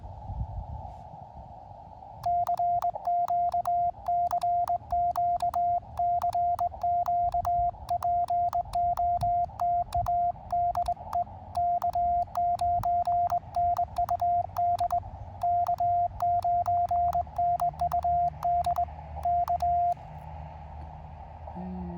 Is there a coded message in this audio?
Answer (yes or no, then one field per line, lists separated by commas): yes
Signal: Morse code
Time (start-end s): 2.3-19.9 s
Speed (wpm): 21 wpm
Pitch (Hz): 700 Hz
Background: radio noise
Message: CQ CQ CQ POTA DE K9NUD K9NUD K